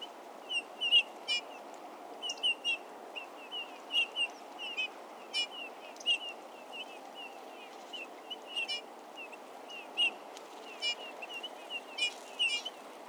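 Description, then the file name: Eurasian bullfinch calls: many short notes repeated irregularly throughout, over a steady low background hiss. "Pyrrhula pyrrhula"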